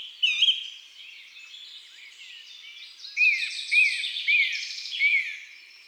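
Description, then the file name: Song thrush song: a short whistled note repeated four times in a steady series, after scattered twittering. Woodland and forest birds. "Grive musicienne Chants doiseaux des bois et des forets"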